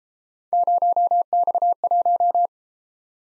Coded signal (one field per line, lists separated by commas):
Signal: Morse code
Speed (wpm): 33 wpm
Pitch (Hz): 700 Hz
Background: none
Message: 0X1